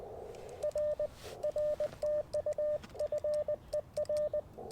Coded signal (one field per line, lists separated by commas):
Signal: Morse code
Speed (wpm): 20 wpm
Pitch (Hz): 590 Hz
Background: radio noise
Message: R R TU FER